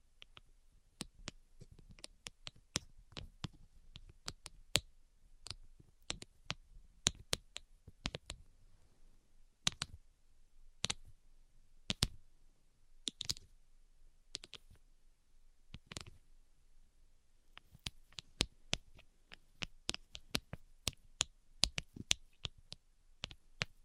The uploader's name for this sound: Tapping Tingle Immunity Treatment (No Talking)